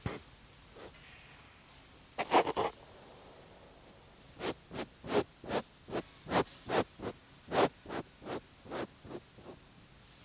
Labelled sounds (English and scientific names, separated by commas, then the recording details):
Eastern Grey Kangaroo (Macropus giganteus)
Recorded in captivity
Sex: female
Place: Zoo Berlin, Berlin, DE
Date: 1986-12-30 10:08
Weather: slightly cloudy, bright 5°
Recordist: Tembrock, Günter